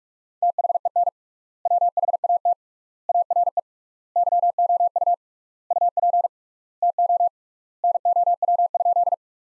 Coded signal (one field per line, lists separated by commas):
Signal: Morse code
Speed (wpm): 47 wpm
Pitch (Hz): 700 Hz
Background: none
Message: THEN WHAT ARE YOU UP TO NOW?